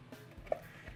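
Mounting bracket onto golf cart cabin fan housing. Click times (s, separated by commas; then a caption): 0.5 s. A mounting bracket is pressed all the way down onto the housing of an ACC-1512 RHOX Air golf car cabin cooling fan for an E-Z Go RXV until it snaps into place. Over low background noise there is a soft bump at 0.1 s, then a single sharp, short snap at 0.5 s as the bracket seats on the fan.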